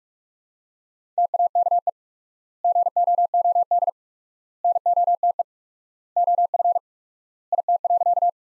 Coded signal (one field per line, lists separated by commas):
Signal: Morse code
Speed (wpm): 46 wpm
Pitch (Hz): 700 Hz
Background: none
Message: TAKE GOOD NOTE OF IT.